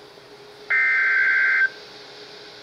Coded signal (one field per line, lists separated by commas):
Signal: Emergency Alert System (SAME) tones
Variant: header bursts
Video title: Severe Thunderstorm Warning (EAS Alert #795)